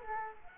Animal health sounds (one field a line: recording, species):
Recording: mosquito wingbeat signal from an infrared sensor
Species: Culex quinquefasciatus